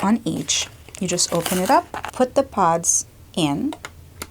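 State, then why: Not seated. Someone talks while opening a LADUORA DUO scalp-care hair device to put a plastic serum pod into its slot. A few small sharp handling taps are heard near the end. The pod has not seated or clicked into place yet.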